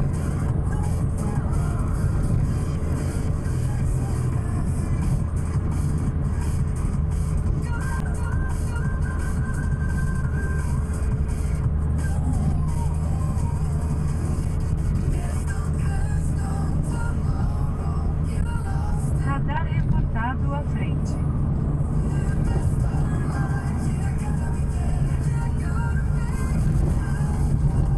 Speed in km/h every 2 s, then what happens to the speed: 76, 75, 73, 72, 71, 69, 70, 71, 72, 72, 71, 70, 68, 66.
0-10 slows to 69. 10-19 steady at about 71. 19-28 slows to 66.